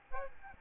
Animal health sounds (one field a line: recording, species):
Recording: mosquito wingbeat signal from an infrared sensor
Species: Aedes albopictus